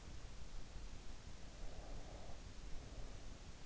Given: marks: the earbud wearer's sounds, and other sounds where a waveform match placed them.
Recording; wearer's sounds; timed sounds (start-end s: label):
sounds in sleep by an in-ear microphone; breath
1.21-3.46 s: breath